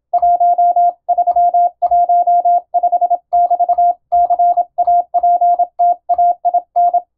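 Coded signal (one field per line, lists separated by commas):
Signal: Morse code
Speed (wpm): 26 wpm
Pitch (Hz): 700 Hz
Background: none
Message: 1315<BT>CAPTAIN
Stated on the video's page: Morse code receiving practice for amateur radio using European-language telegram sending practice text.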